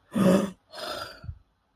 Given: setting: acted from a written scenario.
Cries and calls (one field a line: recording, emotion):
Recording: vocal sound without words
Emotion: fear